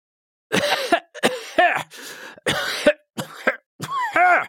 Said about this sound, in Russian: Внезапно У Сюйцзы зашелся в приступе жестокого кашля. Все его тело, подобно воздушному шару, из которого выходит воздух, усохло и уменьшилось в размере.